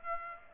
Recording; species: mosquito wingbeat signal from an infrared sensor; Aedes aegypti